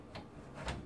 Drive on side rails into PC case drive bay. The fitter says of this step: it clicks into place and it stays there until you push these tabs in on the side so